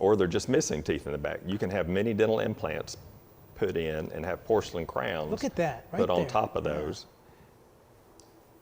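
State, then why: Seated. Someone talks, then a porcelain crown is pressed onto a mini dental implant in a jaw model, and a single short, sharp click at 8.2 s shows it has snapped into place.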